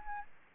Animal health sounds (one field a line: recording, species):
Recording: mosquito wingbeat signal from an infrared sensor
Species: Aedes albopictus